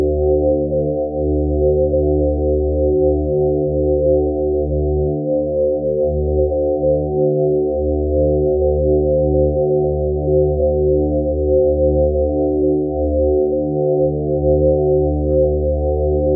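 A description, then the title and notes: A sustained drone holds at a constant level for the full length, built from stacked low tones with no brightness on top. The deepest layers waver and briefly thin out every few seconds, giving a slow, pulsing shimmer beneath the otherwise unbroken hum. Thirty Minute Drone. Hypnotic sustained tone.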